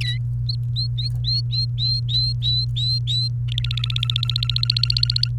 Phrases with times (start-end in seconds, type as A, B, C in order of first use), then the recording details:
0.01-0.17 A, 0.47-3.28 B, 3.48-5.28 C. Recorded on 28 April 2018 at 15:04. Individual llb3